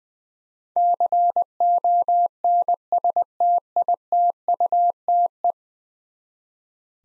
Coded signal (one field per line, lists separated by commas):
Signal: Morse code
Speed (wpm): 20 wpm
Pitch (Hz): 700 Hz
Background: none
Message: CONSTITUTE